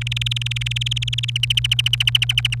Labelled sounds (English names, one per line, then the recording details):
Domestic Canary song
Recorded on 28 April 2018 at 17:26
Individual llb3